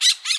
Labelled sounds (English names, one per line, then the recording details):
Brown-throated Parakeet contact call
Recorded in Bonaire
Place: just S of turnoff to Cai, near Lac Bay
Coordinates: 12.126, -68.239